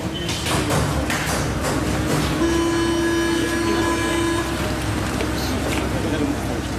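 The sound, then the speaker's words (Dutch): A metro train, taken to get to a water polo match, rumbles with dense, steady noise while a sustained mid-pitched tone with harmonics sounds for about two seconds midway. Voices murmur indistinctly underneath. “Ja, we gaan nu snel naar de metro, naar het waterpolo.”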